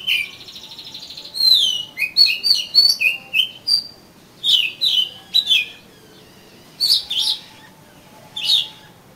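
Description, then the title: Oriental magpie-robin song of mixed whistles, chirps and short slurs, busy at first, then thinning to a few spaced notes. "Kacer Kacer"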